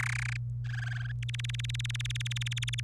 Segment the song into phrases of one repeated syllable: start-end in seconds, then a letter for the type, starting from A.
0.00-0.37 A, 0.65-1.12 B, 1.23-2.80 C